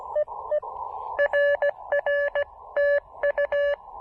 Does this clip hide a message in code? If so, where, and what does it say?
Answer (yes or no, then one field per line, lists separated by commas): yes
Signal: Morse code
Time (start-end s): 0.2-3.7 s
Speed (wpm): 20 wpm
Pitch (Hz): 590 Hz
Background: none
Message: EE RR TU